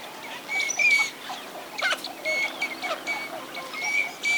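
Teal with brief piping whistles and scratchy chirps, several calls overlapping in quick irregular succession against faint background hiss.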